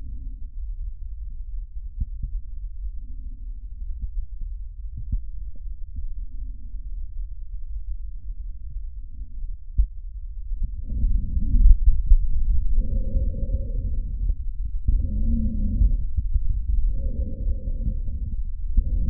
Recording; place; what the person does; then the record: lung sounds by stethoscope; trachea; quiet breathing, then deep breathing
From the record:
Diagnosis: interstitial lung disease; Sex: male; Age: 75 years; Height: 167 cm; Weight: 68 kg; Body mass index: 24.4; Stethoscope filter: bell mode